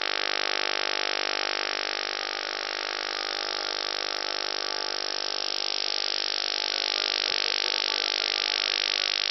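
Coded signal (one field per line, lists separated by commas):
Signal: radar signal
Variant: PLUTO OTHR, 50 Hz FMCW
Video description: This video is an example of the British PLUTO (also called PLUTO II) Over The Horizon Radar (OTHR), from the island of Cyprus, transmitting on 4 different frequencies, simultaneously.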